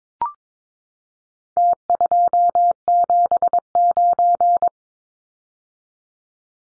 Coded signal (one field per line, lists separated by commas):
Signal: Morse code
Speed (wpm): 22 wpm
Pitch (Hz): 700 Hz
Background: none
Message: T279